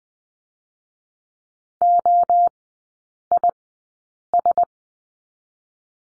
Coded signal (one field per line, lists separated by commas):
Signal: Morse code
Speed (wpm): 20 wpm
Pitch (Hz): 700 Hz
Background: none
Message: O I S